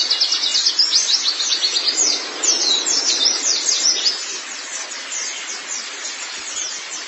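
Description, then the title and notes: White-eye song, a loud burst of quick high chirps and twittered slurs that gradually softens toward the end. "Kicauan Burung Pleci Durasi Panjang. Suara kicauan burung pleci"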